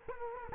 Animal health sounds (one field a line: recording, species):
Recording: mosquito wingbeat signal from an infrared sensor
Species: Culex quinquefasciatus